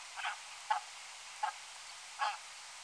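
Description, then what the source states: Brant calls: four short, throaty honks at short intervals against constant background hiss. At Danby on 11 October 2019 at 01:57.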